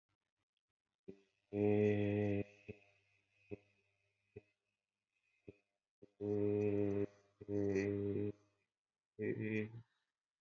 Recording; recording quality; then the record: sustained vowel as in made; moderate, slight background noise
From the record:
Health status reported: healthy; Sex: male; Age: 31 years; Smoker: yes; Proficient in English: yes